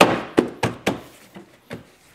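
The plastic cowl panel under the windshield of a V6 Toyota or Lexus with the 2GR-FE 3.5L engine is lined up and its retaining clips are pushed in one by one on the other side. Sharp plastic thunks sound as the clips snap into the cowl and windshield base at 0.0, 0.6 and 0.9 s, with softer thunks near 0.4 and 1.7 s. The panel ends up fully seated.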